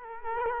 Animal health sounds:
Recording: mosquito wingbeat signal from an infrared sensor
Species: Culex quinquefasciatus

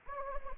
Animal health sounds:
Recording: mosquito wingbeat signal from an infrared sensor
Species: Anopheles gambiae

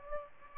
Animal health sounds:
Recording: mosquito wingbeat signal from an infrared sensor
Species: Aedes aegypti

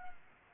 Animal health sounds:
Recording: mosquito wingbeat signal from an infrared sensor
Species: Culex pipiens

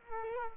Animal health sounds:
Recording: mosquito wingbeat signal from an infrared sensor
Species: Culex quinquefasciatus

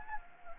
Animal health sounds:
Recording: mosquito wingbeat signal from an infrared sensor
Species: Anopheles gambiae

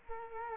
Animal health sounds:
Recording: mosquito wingbeat signal from an infrared sensor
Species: Culex quinquefasciatus

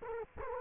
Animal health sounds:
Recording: mosquito wingbeat signal from an infrared sensor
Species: Culex quinquefasciatus

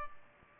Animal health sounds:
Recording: mosquito wingbeat signal from an infrared sensor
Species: Culex pipiens

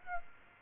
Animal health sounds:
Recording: mosquito wingbeat signal from an infrared sensor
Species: Aedes aegypti

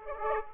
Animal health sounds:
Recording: mosquito wingbeat signal from an infrared sensor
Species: Aedes aegypti

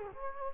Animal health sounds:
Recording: mosquito wingbeat signal from an infrared sensor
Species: Culex quinquefasciatus

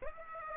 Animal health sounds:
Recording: mosquito wingbeat signal from an infrared sensor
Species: Aedes aegypti

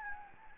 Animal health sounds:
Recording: mosquito wingbeat signal from an infrared sensor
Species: Anopheles gambiae

